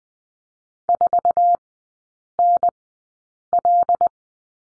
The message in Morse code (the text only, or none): 4NL